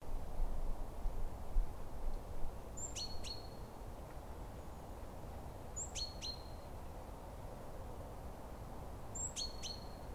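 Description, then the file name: Great tit calling: a short, sharp high note followed by a ticking click, repeated three times about every three seconds over a low rumble. "Parus major"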